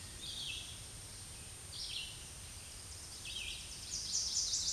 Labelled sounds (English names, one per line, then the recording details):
Red-eyed Vireo song
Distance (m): 15 m
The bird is about 10 m above the microphone
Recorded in a Pennsylvania forest on 16 May 2024 at 07:59
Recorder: AudioMoth, point MSD-2083
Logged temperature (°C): 16.7 °C
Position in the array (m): 149 m, 29 m